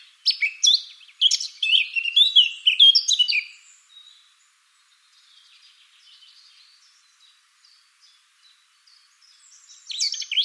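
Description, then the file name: Eurasian blackcap song: a three-second burst of hurried, varied warbling notes, faint quiet twittering afterward, and a new phrase starting at the end. "Sylvia atricapilla"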